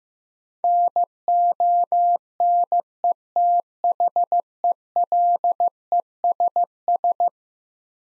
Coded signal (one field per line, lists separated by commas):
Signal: Morse code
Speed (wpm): 15 wpm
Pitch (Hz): 700 Hz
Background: none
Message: NONETHELESS